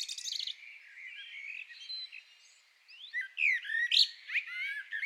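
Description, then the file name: Common blackbird singing: slurred, fluted whistled phrases, then a burst of high, scratchy twittering and quick rising squeaky notes near the end. "Turdus merula"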